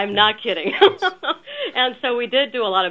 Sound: laugh